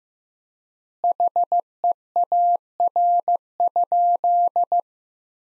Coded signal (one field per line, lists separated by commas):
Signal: Morse code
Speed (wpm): 15 wpm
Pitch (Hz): 700 Hz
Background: none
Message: HEAR?